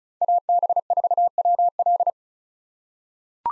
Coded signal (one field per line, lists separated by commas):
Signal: Morse code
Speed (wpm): 34 wpm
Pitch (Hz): 700 Hz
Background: none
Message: AB4WL